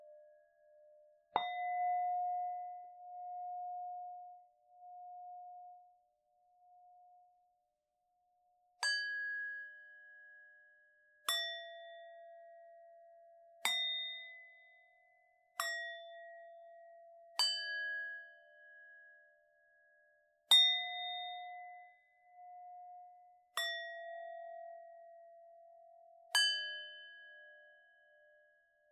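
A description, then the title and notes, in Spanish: Tibetan singing bowls are struck one after another, each strike a bright ding that rings on and slowly fades. After a single opening strike near the start, the rest follow from about nine seconds on, every two to three seconds, the tones overlapping as they decay. En esta meditación te invito a llevar tu atención al sonido de los cuencos tibetanos.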